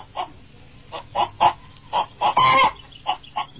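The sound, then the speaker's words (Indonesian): A domestic chicken clucks in a run of short, bright bursts, about ten in all, with one longer, louder squawk in the middle over a faint low background hum. “Pertama, kuperkenalkan ayam negeri. Silakan berdiri.”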